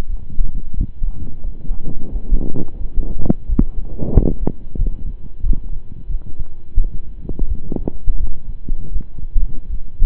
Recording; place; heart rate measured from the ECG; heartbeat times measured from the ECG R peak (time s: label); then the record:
heart sounds by stethoscope; between the tricuspid and mitral areas; 87 bpm
0.07 s: heartbeat
0.74 s: heartbeat
1.41 s: heartbeat
2.09 s: heartbeat
2.78 s: heartbeat
3.46 s: heartbeat
4.11 s: heartbeat
4.76 s: heartbeat
5.41 s: heartbeat
6.07 s: heartbeat
6.75 s: heartbeat
7.46 s: heartbeat
8.17 s: heartbeat
8.90 s: heartbeat
9.67 s: heartbeat
From the record:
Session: slow and fast walking with breaks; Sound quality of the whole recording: saturated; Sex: male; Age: 25 years